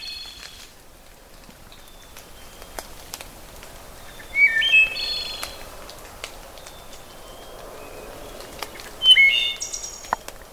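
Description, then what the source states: Thrush song: two phrases about five seconds apart, each with clear whistled notes and higher notes above; faint thin whistles between them. Male singing on a maple hardwood hillside in Cook County, at the fringe of its range; probably passing through on migration; species declining locally.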